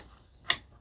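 A plastic tail piece is plugged into the body socket of a dinosaur-mode toy figure. A single sharp click sounds at 0.5 s against a quiet background, and the tail is seated.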